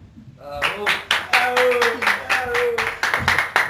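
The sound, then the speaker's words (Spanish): People outside the studio of the radio program La Hora Pulenta applaud, a steady run of sharp claps with some rhythmic bursts, while voices talk and call out over it. “Aplaude la gente desde afuera, muy bien.”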